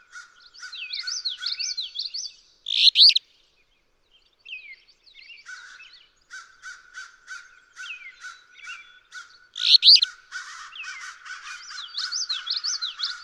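Alder flycatcher song: two loud, burry phrases about seven seconds apart, with warbling songs and a steady low trill from other birds in between.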